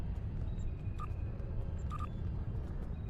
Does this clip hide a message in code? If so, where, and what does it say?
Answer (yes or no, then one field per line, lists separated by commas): no